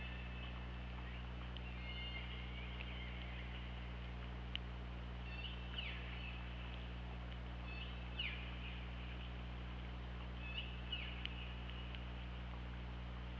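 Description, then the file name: Orca calls: several short, squealing, bending tones, set against a steady low hum. Recorded on the OrcaLab hydrophone on 24 August 2017 at about 21:00. "Orca Lab UTLN JASON 20170824 210009"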